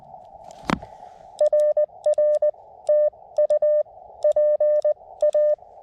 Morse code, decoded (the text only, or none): RR TU PA